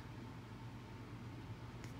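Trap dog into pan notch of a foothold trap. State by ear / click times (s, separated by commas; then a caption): not seated / none. A steel coil spring foothold trap is being set by hand, with its metal dog being handled near the pan notch over a steady low hum and faint broadband noise. There is a brief faint tick near 1.8 s, but the dog has not clicked into the pan notch; nothing has seated yet.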